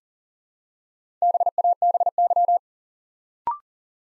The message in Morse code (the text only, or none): BABY